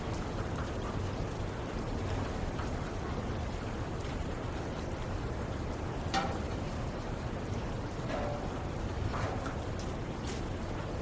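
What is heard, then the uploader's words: Steady rain falls in a dense, unbroken wash, heavier and rumbling in the low end with a softer hiss above. A few sharper drips or taps stand out near the middle and toward the end, while the overall level stays even throughout. Soothing Rain Sounds.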